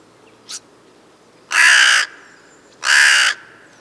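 Crow giving two long, raucous caws after a brief faint sound.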